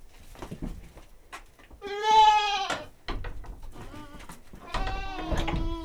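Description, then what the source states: Domestic goat giving a loud quavering bleat, then clicks and shuffling, followed by a second lower, steadier bleat near the end. Domestic goat in a farmyard.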